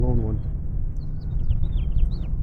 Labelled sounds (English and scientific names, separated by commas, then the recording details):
House Finch (Haemorhous mexicanus) song
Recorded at Oceanside on Long Island, New York, on 17 June 1975
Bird E